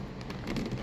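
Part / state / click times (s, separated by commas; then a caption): 8-pin CPU power cable plug into the motherboard header / not seated / none. An 8-pin CPU power cable plug is handled at the motherboard header, with a steady broadband rustling and a brief sharper transient near 0.5 s. The clip ends before the plug goes home, so nothing has seated or clicked yet.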